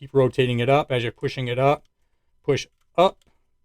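A flat aluminum trigger shoe is being slid and rotated up onto the plastic trigger of a SIG Sauer P322 pistol while someone talks. No distinct mechanical sound stands out. Nothing has seated or clicked yet.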